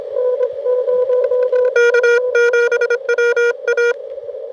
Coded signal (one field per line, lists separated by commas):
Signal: Morse code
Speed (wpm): 26 wpm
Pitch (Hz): 1430 Hz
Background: radio noise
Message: K7WA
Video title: Fort Deseret Utah POTA